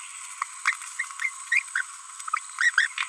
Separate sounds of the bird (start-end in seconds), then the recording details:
0.99-1.03, 1.20-1.28, 1.52-1.61, 1.76-1.81, 2.59-2.70, 2.74-2.87. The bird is a female. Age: 30 days. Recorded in a nest box in Venezuela. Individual 17B42B3